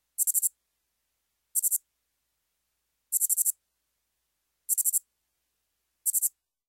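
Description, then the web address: Lesser angle-winged katydid song, brief very high lisping pulse trains of three to five clicks each, spaced roughly every one and a half seconds against a silent background. "Crickets and Katydids. Lesser Anglewinged Katydid, Microcentrum retinerve"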